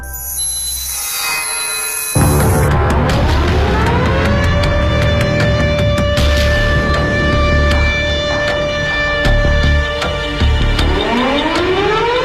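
An air raid siren, the alarm sounded over Chinese cities during Japanese bombing in wartime, starts after a brief hush, sweeping upward into a loud, sustained wailing drone over a low rumble, then begins climbing in pitch again near the end.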